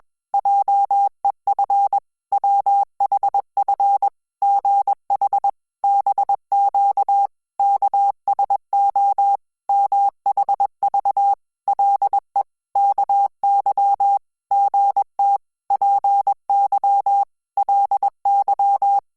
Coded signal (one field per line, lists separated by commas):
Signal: Morse code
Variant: Korean alphabet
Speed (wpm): 21 wpm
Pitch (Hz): 800 Hz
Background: none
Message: 한 분 수 대 옆 물 가 에 서 제 게